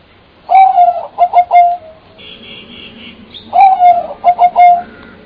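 Bird calling twice, each phrase a long mellow falling note followed by three quick pulsed notes, with a faint higher tone between phrases.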